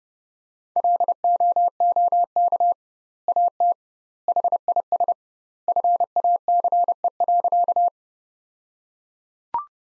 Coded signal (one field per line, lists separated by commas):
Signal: Morse code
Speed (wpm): 32 wpm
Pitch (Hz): 700 Hz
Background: none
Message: LOOK AT HIS FACE.